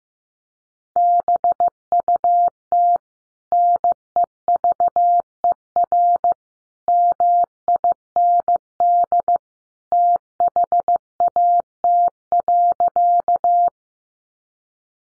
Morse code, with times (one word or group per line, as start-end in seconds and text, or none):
1.0-3.0 BUT
3.5-6.3 NEVER
6.9-9.4 MIND
9.9-13.7 THAT.